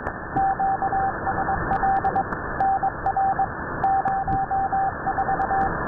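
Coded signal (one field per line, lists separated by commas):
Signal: Morse code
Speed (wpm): 21 wpm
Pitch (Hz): 780 Hz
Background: radio noise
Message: QSL NR 04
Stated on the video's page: Numbers station on 6607 kHz CW received near Tampa, Florida with a Winradio Excalibur Pro and Wellbrook loop.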